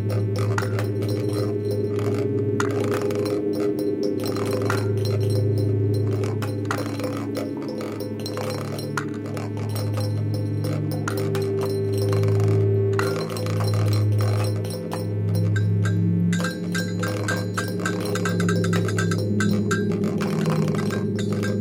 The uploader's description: Sequence of sounds made using numerous everyday items (pots & pans, crockery, tins l& boxes, plastic packaging, etc) against the backdrop of an evolving drone structure